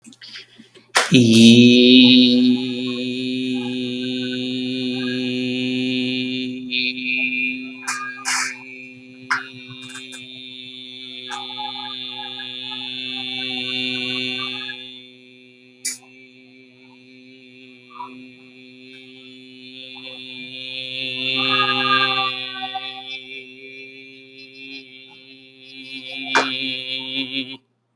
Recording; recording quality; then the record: sustained vowel as in beet; excellent, no background noise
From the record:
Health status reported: COVID-19 positive, no symptoms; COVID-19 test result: positive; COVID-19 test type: RT-PCR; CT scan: not taken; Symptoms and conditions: cold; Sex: male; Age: 40 years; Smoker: no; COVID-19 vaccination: both doses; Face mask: not worn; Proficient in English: yes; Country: India